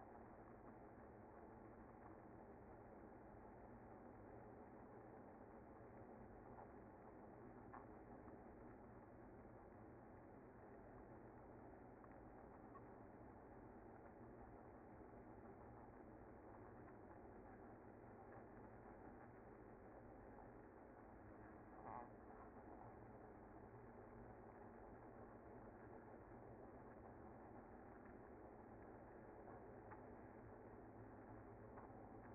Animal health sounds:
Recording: honeybee colony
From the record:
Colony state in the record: active

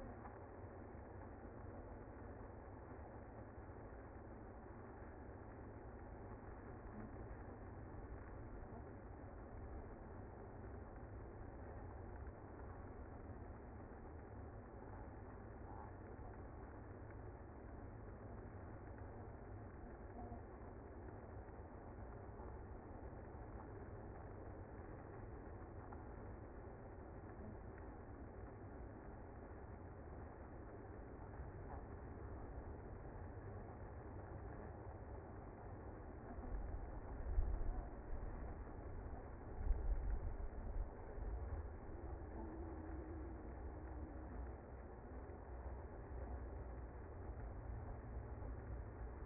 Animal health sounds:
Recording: honeybee colony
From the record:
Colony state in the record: active

